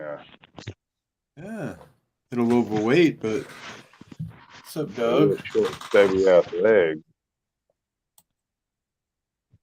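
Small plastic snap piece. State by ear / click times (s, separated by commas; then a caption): partly seated / 8.2 s. Someone talks while pushing a loose snap-in piece back into its mount on an object being handled. After the talking stops, a single sharp click is heard at 8.2 s. The piece clicks but does not fully seat.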